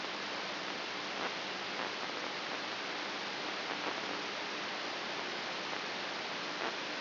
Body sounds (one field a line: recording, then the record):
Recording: brain microelectrode recording played as sound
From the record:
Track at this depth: outside the subthalamic nucleus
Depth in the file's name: 4.622 mm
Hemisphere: left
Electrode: 3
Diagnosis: Parkinson's disease